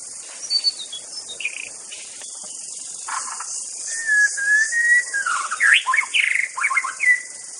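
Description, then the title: White-rumped shama song, varied whistled phrases with a long level whistle and quick slurred chirps building toward the end, over high background hiss. Wild bird recorded in forest. "Suara burung murai batu asli hutan"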